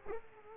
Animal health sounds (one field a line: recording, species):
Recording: mosquito wingbeat signal from an infrared sensor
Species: Culex quinquefasciatus